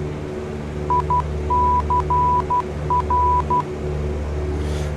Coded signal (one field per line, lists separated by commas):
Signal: Morse code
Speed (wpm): 12 wpm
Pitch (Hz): 990 Hz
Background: none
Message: ICR